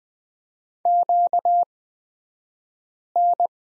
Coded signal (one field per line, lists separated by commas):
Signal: Morse code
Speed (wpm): 20 wpm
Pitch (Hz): 700 Hz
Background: none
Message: QN